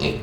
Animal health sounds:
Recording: contact call of a hoofed animal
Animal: pig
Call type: closed-mouth grunt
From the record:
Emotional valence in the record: positive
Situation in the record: food and toys in familiar pen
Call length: 0.24 s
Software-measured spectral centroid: 2470 Hz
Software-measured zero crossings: 1970 a second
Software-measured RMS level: -24 dBFS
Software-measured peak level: -9 dBFS

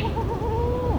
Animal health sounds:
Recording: contact call of a hoofed animal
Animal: goat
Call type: low-frequency (closed-mouth) or high-frequency (open-mouth) call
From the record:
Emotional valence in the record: negative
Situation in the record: short social isolation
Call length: 1.00 s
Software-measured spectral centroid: 1640 Hz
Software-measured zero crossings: 980 a second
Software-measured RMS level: -24 dBFS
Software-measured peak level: -12 dBFS

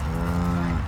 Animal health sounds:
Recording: contact call of a hoofed animal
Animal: cattle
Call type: low-frequency (closed-mouth) or high-frequency (open-mouth) call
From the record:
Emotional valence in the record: negative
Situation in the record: full separation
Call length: 0.88 s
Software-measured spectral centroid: 2080 Hz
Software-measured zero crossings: 920 a second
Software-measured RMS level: -24 dBFS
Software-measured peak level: -14 dBFS

